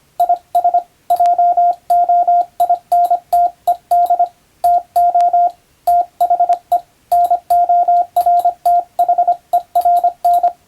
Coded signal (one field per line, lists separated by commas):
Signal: Morse code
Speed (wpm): 25 wpm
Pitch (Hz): 700 Hz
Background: radio noise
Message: IS JOINTED TO THE NORTHERN